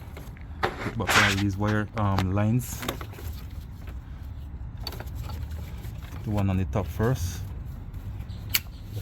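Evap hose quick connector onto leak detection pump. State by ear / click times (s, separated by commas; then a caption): seated / 8.6 s. On a 2009 BMW 328i, the top hose line of the evaporative system is pushed back onto the leak detection pump (LDP/DMTL) while someone talks. The plastic quick connector gives one sharp snap at 8.6 s, and the vapor line connector is seated on the pump.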